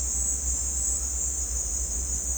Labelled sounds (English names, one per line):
none